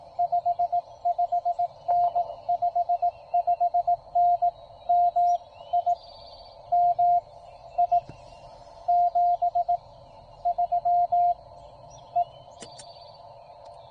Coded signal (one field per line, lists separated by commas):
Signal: Morse code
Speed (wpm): 19 wpm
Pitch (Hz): 700 Hz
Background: radio noise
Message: 55N 55N MI MI 73 E